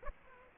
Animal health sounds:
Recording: mosquito wingbeat signal from an infrared sensor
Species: Aedes aegypti

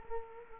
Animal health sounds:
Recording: mosquito wingbeat signal from an infrared sensor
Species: Culex quinquefasciatus

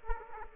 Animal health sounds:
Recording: mosquito wingbeat signal from an infrared sensor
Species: Aedes aegypti

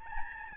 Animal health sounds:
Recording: mosquito wingbeat signal from an infrared sensor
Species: Aedes albopictus

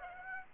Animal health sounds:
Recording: mosquito wingbeat signal from an infrared sensor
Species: Aedes aegypti

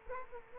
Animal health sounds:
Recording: mosquito wingbeat signal from an infrared sensor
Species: Culex quinquefasciatus

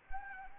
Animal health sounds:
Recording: mosquito wingbeat signal from an infrared sensor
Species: Anopheles arabiensis

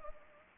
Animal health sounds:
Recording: mosquito wingbeat signal from an infrared sensor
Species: Anopheles arabiensis

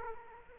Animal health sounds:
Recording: mosquito wingbeat signal from an infrared sensor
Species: Aedes aegypti

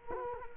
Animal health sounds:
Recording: mosquito wingbeat signal from an infrared sensor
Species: Culex quinquefasciatus

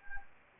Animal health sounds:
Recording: mosquito wingbeat signal from an infrared sensor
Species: Anopheles arabiensis

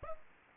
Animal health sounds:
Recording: mosquito wingbeat signal from an infrared sensor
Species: Aedes aegypti

